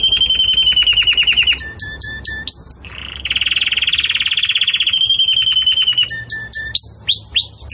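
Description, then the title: Canary singing fast repeated trills, sharp upswept whistles and a dense rolling buzz, changing tour every second or two. Belgian canary song used for teaching breeding chicks (encarte de filhotes); 'campainha' style. "Canto Do Canário Belga Campainha Para Encarte De Filhotes"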